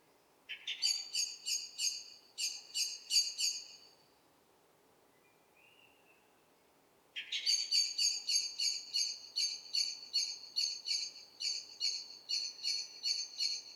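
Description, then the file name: Eurasian blackbird's harsh rattle of quick repeated notes: a short series, a pause, then a long, steady chatter to the end. "Turdus merula"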